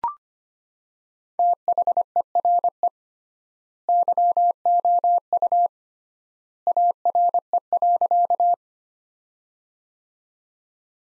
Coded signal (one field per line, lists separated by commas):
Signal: Morse code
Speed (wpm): 25 wpm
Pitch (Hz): 700 Hz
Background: none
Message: THERE YOU ARE.